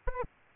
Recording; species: mosquito wingbeat signal from an infrared sensor; Aedes aegypti